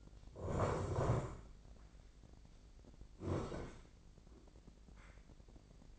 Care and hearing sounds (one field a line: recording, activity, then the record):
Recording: daily activity, microphone in the room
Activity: sit down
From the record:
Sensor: 5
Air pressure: 1012.4 hPa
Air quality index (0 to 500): 154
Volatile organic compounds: 2 ppm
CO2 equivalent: 1058 ppm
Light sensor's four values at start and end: 251/603/256/281 and 249/599/254/280